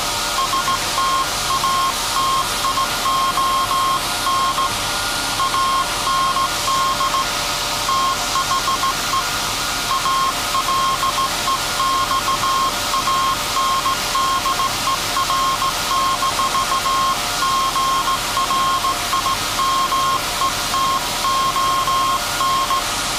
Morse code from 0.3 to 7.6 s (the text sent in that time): STATION AND